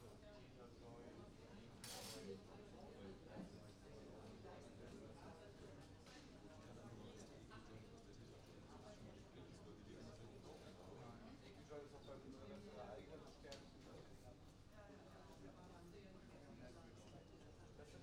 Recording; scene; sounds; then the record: everyday scene through a hearing-aid microphone; many people talking; many voices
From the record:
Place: university cafeteria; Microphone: in the ear canal, right